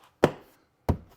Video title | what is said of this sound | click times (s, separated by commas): Marre de ne pas réussir à fermer les portes de vos Tesla correctement ? Voici la solution! | vous soyez bien en face vous les entendez juste cliquer légèrement | 0.2 s, 0.9 s